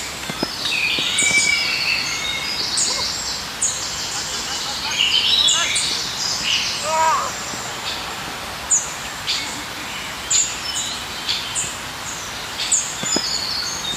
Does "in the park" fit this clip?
yes